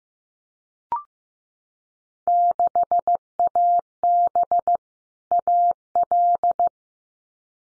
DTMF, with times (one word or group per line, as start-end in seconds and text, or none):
none